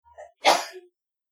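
A short, soft intake of breath is followed by one sharp, explosive burst that trails off quickly. It is a single sneeze from an adult woman.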